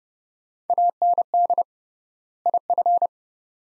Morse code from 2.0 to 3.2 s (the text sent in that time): IF